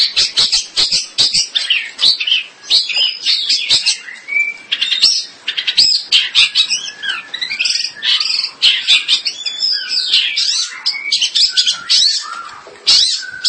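Bird song in a long, nearly unbroken flow of fast, high, scratchy twitters and chatters, with a few slurred whistles mixed in.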